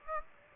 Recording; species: mosquito wingbeat signal from an infrared sensor; Aedes aegypti